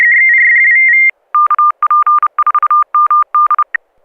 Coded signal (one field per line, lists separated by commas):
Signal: Morse code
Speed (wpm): 30 wpm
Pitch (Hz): 1200 Hz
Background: none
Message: KP4MD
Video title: N6NA SSTV Net - 10/02/2024